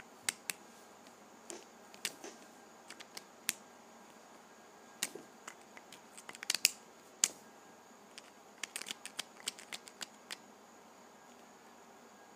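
Sharpie markers being opened, with sharp clicks and snaps scattered irregularly, clustering around six to seven seconds and again near nine, over a faint steady hum.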